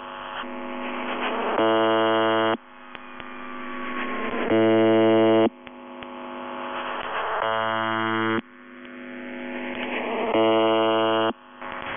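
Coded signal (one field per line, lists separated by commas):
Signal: channel marker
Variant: UVB-76, The Buzzer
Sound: four harsh one-second buzzes roughly every three seconds, with hiss and gliding whines between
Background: radio static, interference tones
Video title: [UVB-76, The Buzzer] Screaming and other interferences; 22. Feb 2020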